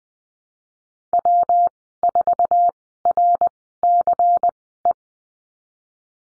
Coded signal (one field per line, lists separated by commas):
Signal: Morse code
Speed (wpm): 19 wpm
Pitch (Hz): 700 Hz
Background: none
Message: W4RCE